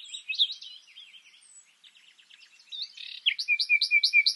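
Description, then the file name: Common nightingale twittering softly and variably, then switching to a loud steady series of repeated chirps. "Luscinia megarhynchos"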